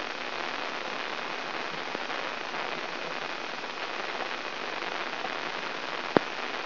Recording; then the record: brain microelectrode recording played as sound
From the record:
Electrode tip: inside the subthalamic nucleus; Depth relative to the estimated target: -2 mm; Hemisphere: right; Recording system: AlphaMap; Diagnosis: Parkinson's disease